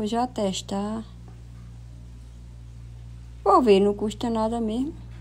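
A two-prong plug is handled and pushed toward a wall socket while someone talks in two bursts, with a low steady hum underneath. Nothing has seated or clicked yet.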